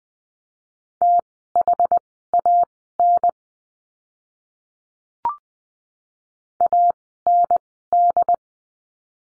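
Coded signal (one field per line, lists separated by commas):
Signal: Morse code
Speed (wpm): 20 wpm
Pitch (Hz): 700 Hz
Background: none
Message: THAN AND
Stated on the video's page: Morse code course lesson on the letter M, words sent at Farnsworth speed 20/10 wpm.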